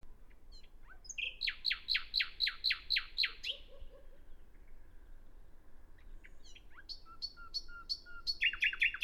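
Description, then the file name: Common nightingale song: a fast series of about ten loud, repeated percussive notes, soft lower notes, then high piping whistles and a closing rapid trill over faint background noise. "Luscinia megarhynchos"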